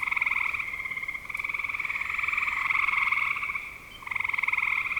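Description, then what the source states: Frogs trill almost continuously in a rapid pulsed buzz, fading briefly before another burst begins. Frogs calling in spring 2025.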